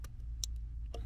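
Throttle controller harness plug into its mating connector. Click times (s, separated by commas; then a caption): 0.4 s. A ShiftPower throttle response controller wiring harness plug is pushed one-handed into its mating connector under the dash of a Lexus CT200h. Over a steady low hum, a sharp click at 0.4 s marks the plug seating, with fainter ticks around it. The connector is confirmed clipped in.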